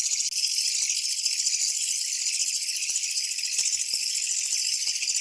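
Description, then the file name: Japanese katydid producing a steady, grating high-pitched rattle, unbroken from start to finish apart from one brief dip near the beginning. "kutuwamushi"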